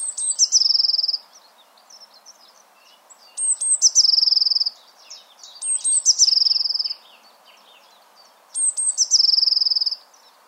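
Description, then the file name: Eurasian blue tit song: high thin introductory notes followed by a fast, even trill, four phrases separated by short pauses. "Cyanistes caeruleus"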